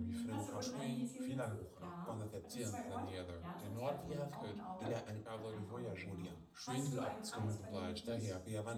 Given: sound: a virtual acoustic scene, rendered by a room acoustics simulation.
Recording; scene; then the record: noise of the scene; living room, asymmetric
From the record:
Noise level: 67 dB SPL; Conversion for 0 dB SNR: 5.4 dB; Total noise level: 72.4 dB SPL